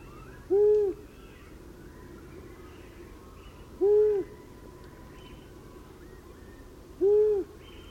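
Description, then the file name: Long-eared owl hoots: three low, soft, even hoo notes spaced about three seconds apart, with faint higher bird calls in the background. "Gufo Comune"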